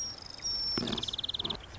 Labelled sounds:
Marsh Wren (Cistothorus palustris)
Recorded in Sonoma County, California

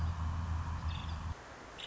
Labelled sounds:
Nuttall's Woodpecker (Dryobates nuttallii)
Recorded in Sonoma County, California

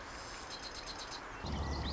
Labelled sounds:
Marsh Wren (Cistothorus palustris)
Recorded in Sonoma County, California

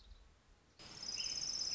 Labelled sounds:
Orange-crowned Warbler (Leiothlypis celata)
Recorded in Sonoma County, California

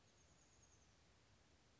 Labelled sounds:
Chestnut-backed Chickadee (Poecile rufescens)
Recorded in Sonoma County, California

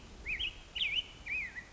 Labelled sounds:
Black-headed Grosbeak (Pheucticus melanocephalus)
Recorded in Sonoma County, California

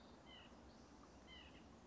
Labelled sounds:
White-breasted Nuthatch (Sitta carolinensis)
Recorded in Sonoma County, California

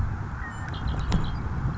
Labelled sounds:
Red-winged Blackbird (Agelaius phoeniceus)
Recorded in Sonoma County, California

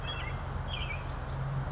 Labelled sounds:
American Robin (Turdus migratorius)
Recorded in Sonoma County, California

